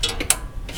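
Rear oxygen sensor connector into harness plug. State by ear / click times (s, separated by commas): seated / 0.3 s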